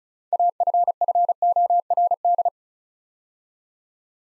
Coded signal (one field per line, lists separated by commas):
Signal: Morse code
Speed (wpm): 36 wpm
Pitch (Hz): 700 Hz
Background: none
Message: AFFORD